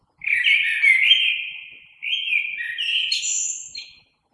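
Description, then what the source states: Common blackbird song in two connected phrases, mellow whistled notes first, then a brighter section finishing with thin high squeaks. Recorded 3 March 2020.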